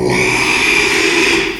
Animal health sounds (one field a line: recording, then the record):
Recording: squeal of a Yucatan mini pig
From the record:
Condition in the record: after surgery on the right vocal fold (resection and tissue-engineered implant)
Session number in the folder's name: 1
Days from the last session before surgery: 6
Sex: male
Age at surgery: 12 weeks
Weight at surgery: 13 kg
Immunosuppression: cyclosporine, prednisolone